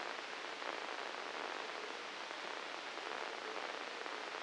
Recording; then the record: brain microelectrode recording played as sound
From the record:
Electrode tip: inside the subthalamic nucleus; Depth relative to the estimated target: 2 mm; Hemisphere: left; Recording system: NeuroSet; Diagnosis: Parkinson's disease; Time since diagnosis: 9 years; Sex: male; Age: 56 years